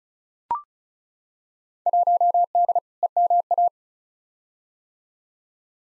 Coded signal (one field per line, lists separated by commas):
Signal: Morse code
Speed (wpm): 36 wpm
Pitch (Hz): 700 Hz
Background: none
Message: 1D EMA